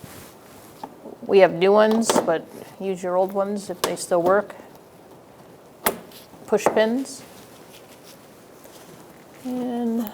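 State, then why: Seated. A plastic push-pin retainer is pressed in to fasten the plastic inner fender liner to the bumper of a 2012-2017 Hyundai Accent during an A/C condenser and receiver drier assembly replacement. Someone talks, and one sharp snap is heard at 5.9 s as the push pin seats into place.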